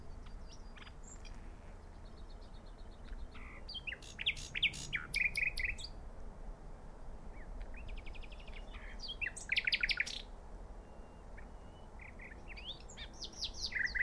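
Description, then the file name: Common nightingale: bird song in spaced bursts: quick rattling phrases and sharp chirps separated by quiet gaps. "Luscinia megarhynchos"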